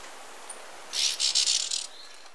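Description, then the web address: White-sided flowerpiercer song: a scratchy, stuttering burst of high notes lasting about a second, broken into several short pulses over faint background hiss. Recorded in Ecuador. "Birds of Ecuador. White-sided Flowerpiercer"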